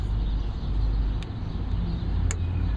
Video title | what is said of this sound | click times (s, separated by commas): Fuel filter replacement on a 2005 Ford Ranger ☆ | there we go it's a snapping sound I want to hear | 2.3 s